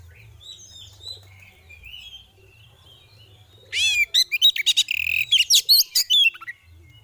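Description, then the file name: Oriental magpie-robin delivering a loud, rapid sequence of sharp upslurred chirps and harsh buzzy notes in the second half, with faint whistles before and after. Female kacer (Oriental magpie-robin) calling in the ngeriwik and ngeplong styles; recording intended as bird therapy audio. "Terapi Suara Burung Kacer Betina Ngeriwik Ngeplong"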